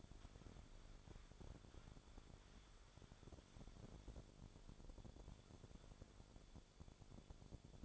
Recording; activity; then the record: daily activity, microphone in the room; wipe stove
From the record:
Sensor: 5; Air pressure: 1015.2 hPa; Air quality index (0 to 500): 140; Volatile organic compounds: 3 ppm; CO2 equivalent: 1511 ppm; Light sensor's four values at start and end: 35/83/34/35 and 35/82/34/35